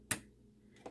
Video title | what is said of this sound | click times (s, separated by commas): Learn Your Sewing Machine! Janome Skyline S9: Change & Thread Needle, Change Foot & Clean | and then you'll hear it click into place and you know you're good to go and then i keep | 0.1 s